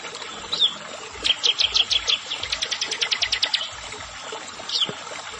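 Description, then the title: Prinia song, a fast run of high clipped notes lasting over two seconds, with a single chirp before and after it. "Ciblek Sawah"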